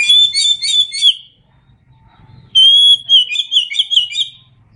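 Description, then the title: Oriental magpie-robin song: a quick run of rolling whistles, a pause, then a long clear whistle leading into another rapid trilling phrase. Indonesian name kacer; described as gacor, meaning singing vigorously. "Kacer Gacor"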